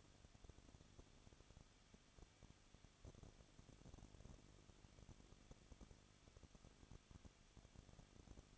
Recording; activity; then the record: daily activity, microphone in the room; no activity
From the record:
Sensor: 4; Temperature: 23.0 degrees Celsius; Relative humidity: 34.2%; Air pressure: 1007.3 hPa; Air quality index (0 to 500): 217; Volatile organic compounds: 15 ppm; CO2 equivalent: 2512 ppm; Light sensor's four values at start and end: 2/3/1/1 and 2/3/1/1